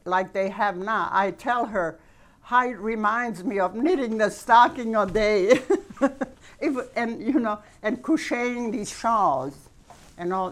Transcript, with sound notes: Like they have now, I tell her how it reminds me of knitting a stocking a day. ( she laughs ) It was, and, you know, and crocheting these shawls and all.